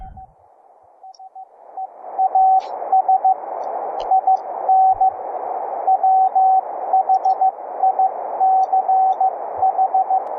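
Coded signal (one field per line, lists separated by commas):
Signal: Morse code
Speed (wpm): 15 wpm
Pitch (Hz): 760 Hz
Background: none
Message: AS IN WHICH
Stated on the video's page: Morse contact over the internet, with rig HF audio shared through Mumble and processed with VST plugins.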